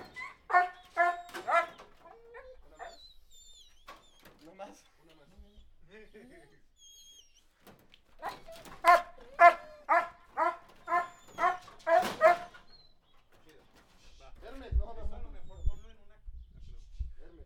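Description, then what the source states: Dogs barking in bursts of rapid repeated barks separated by quieter pauses, with a low rumbling noise near the end. More than one dog barking.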